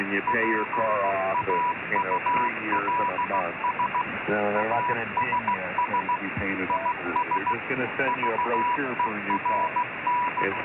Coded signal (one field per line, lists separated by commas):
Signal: Morse code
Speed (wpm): 15 wpm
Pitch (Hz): 980 Hz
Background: speech, radio noise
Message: PAULS ASS IS VERN